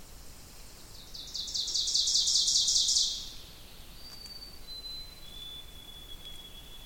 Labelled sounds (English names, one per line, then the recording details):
Ovenbird song
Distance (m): 20 m
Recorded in boreal forest in Alberta, Canada, on 2 June 2016 at 08:16
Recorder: SongMeter 3, array SBT-3-7
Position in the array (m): 192 m, 1 m
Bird 6